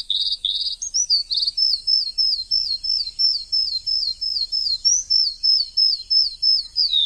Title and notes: Suara Burung. Suara Kicauan Burung untuk memaster burung kesayangan